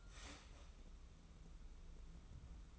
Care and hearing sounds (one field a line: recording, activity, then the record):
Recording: daily activity, microphone in the room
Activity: start toaster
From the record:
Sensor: 1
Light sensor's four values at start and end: 103/232/102/108 and 119/271/120/130